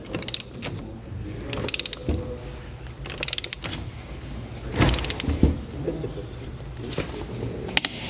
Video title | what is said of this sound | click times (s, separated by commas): Option Mécanicien(ne) d'entretien - Collège Saint-Augustin | nous allons arrive à 110 newtons-mètres nous allons entendre un clic | 0.3 s, 1.7 s, 3.2 s, 4.9 s, 5.0 s, 7.8 s